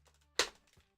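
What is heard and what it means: A stick vacuum part (Dyson) is set in flat against the vacuum body and twisted around its edge so its clips snap in. A single sharp click is heard at 0.4 s, over a faint low hum. The part is seated.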